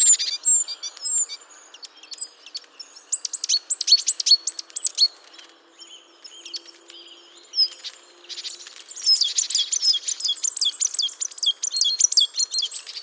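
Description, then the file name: Great tit scolding calls: rattling buzzy churrs in quick runs, then a dense stretch of rapid chattering notes and short high whistles. "Parus major"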